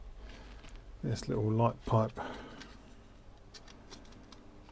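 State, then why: Not seated. A small plastic light pipe is handled and turned to line it up in the housing of a Sony Walkman WM-FX373 portable cassette player, set to go one way because of a bump on one side. Someone talks over small ticks and light handling sounds. It has not been pushed home or clicked into place yet.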